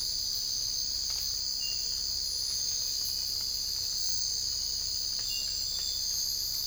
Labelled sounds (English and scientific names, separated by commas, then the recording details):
none
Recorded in secondary vegetation near Puerto Asís, Putumayo, Colombia, on 22 December 2024 at 03:30
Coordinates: 0.484, -76.319
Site GP06